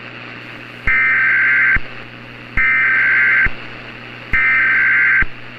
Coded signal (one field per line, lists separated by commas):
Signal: Emergency Alert System (SAME) tones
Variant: header bursts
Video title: EAS Scenario - Ashes to Ashes